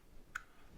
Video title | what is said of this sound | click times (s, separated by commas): Vulcan Master Welder Helmet From Harbor Freight | with the battery you want the positive side facing out and it simply just slides in clicks into place | 0.4 s